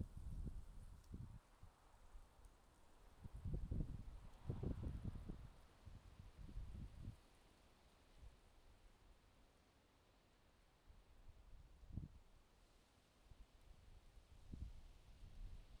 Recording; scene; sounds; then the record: everyday scene through a hearing-aid microphone; wind on the microphone; wind, traffic, birds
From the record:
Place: suburban garden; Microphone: in the ear canal, left